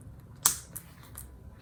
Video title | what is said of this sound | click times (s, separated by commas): In the Hoop Needle Minder with Creative Appliques | you're going to put it back on it and it'll kind of snap into place | 0.5 s